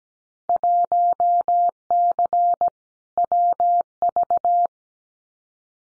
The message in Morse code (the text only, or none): 1C WV